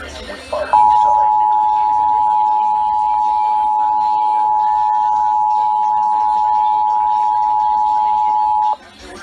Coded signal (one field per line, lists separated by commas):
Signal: Emergency Alert System (SAME) tones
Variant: 853 and 960 Hz attention tone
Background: speech